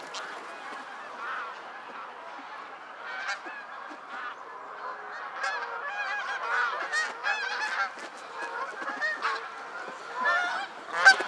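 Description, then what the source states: Goose: geese honking, a loose chorus of nasal, overlapping honks that builds and grows louder toward the end. Several geese calling in flight.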